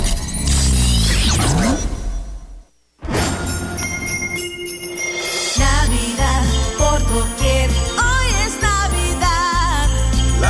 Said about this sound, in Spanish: Campanas dicen que llegó la Navidad.